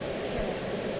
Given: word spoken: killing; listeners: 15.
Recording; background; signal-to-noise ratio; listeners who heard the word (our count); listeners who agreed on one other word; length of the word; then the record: one English word in noise, from a listening test; speech-shaped noise; -5.9 dB; 0 of 15; 8 of 15; 0.60 s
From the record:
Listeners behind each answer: 8, 2, 1, 1, 1, 1, 1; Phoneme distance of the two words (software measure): 14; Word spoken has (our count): 2 syllables, 5 phonemes, stress on syllable 1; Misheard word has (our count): 1 syllable, 3 phonemes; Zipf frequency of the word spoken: 4.52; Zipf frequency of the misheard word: 4.91